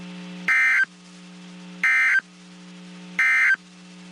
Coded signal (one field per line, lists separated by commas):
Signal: Emergency Alert System (SAME) tones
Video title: Severe Weather Alerts for Central Texas (EAS 1355-1359)